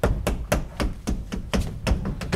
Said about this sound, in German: Halt mal, klopfen Sie die Rückwand des Schrankes ab hier, ja? Jawohl.